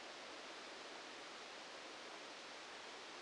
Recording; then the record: brain microelectrode recording played as sound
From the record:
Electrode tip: outside the subthalamic nucleus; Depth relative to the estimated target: -8 mm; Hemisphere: left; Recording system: NeuroSet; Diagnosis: Parkinson's disease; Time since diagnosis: 14 years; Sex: male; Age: 51 years